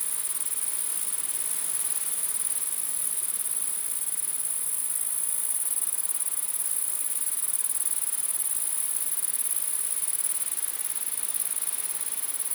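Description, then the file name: Grasshopper chorus giving a steady, shrill high buzz that never pauses, with a faint rushing background beneath. Several grasshoppers recorded in windy conditions. "grasshoppers in the wind"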